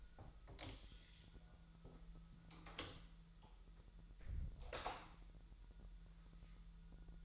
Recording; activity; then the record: daily activity, microphone in the room; close door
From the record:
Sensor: 3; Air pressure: 1001.2 hPa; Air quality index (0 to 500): 249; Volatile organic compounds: 179 ppm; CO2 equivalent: 4140 ppm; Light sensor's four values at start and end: 13/30/12/12 and 13/30/12/12